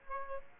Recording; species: mosquito wingbeat signal from an infrared sensor; Aedes aegypti